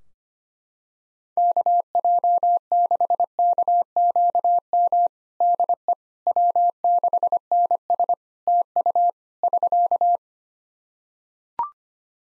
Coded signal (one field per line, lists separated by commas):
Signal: Morse code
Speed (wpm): 25 wpm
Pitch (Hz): 700 Hz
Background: none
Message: KJ6KQM DE W6NS TU <SK>